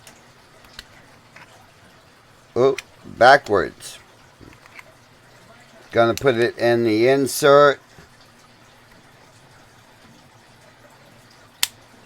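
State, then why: Seated. Someone talks while handling a tubular lock picking tool, with a few faint small ticks in between. At 11.6 s the tool's insert snaps into its 3D printed holder with a single loud, sharp click and drops in place, seated.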